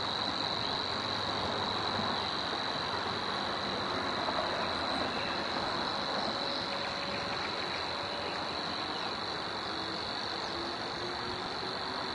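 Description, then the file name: Savi's warbler giving a continuous, even reeling buzz that never pauses, heard against a steady wash of background noise. "Locustella luscinioides"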